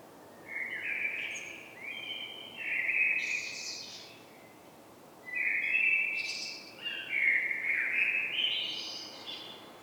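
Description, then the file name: Common blackbird singing two warbled phrases, each of low flute-like notes followed by higher rasping twitters, with a short pause between. "Turdus merula"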